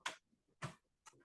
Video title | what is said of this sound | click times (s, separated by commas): Online Class: Meet the NEW SINGER® SE9180 Embroidery Machine - Michaels | It clicked right into place when this snaps right into here and you hear that click. | 0.1 s